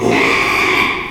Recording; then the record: squeal of a Yucatan mini pig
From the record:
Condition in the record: after surgery on the right vocal fold (resection and tissue-engineered implant); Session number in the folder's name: 1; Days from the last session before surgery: 6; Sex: male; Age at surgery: 12 weeks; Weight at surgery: 13 kg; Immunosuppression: cyclosporine, prednisolone